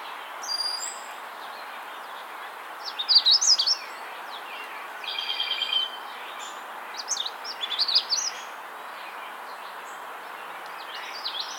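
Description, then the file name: Magnolia Warbler song: short, high, sweet warbled phrases given every couple of seconds, some buzzy, against a quiet steady background hiss. "Setophaga magnolia - Magnolia Warbler"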